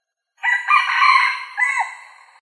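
Domestic chicken crowing: a single loud rooster crow, with a long held middle and a falling, fading end.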